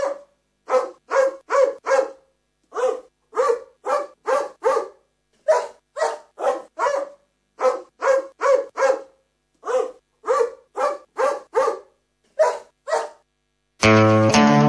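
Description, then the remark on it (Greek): A small dog yaps in quick clusters of sharp, fairly high-pitched barks, several dozen in all, with short pauses between bursts, before a brief louder burst of another sound cuts in at the end. “Πρόεδρος Δημοκρατίας να είναι σκυλάκι.”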